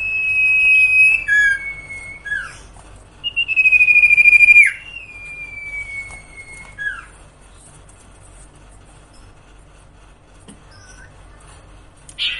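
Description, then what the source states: Sirtu giving two long flat whistles with downward-slurred endings, then a soft falling note and near silence. Masteran training song for cage birds, with the full range of song variations.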